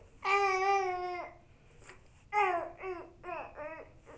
Baby Cry.